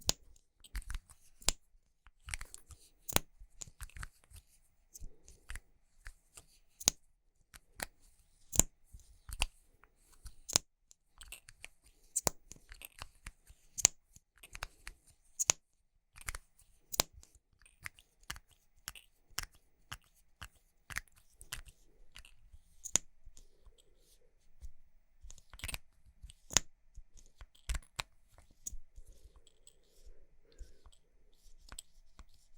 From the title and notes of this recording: ASMR Makeup Triggers For Sleep Tapping, Scratching, etc (No Talking).